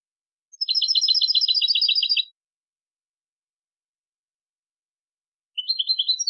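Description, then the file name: European goldfinch twittering: a fast liquid trill lasting under two seconds, then a short trilled phrase near the end, with silence between. "Carduelis carduelis"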